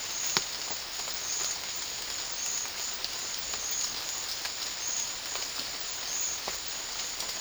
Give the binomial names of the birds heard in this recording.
none